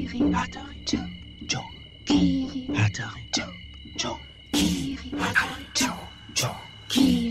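On an autumn night, steady high cricket rasping runs continuously beneath a loom's sharp, irregular clattering as it weaves cloth, with hard wooden knocks arriving every half second or so and growing busier toward the end.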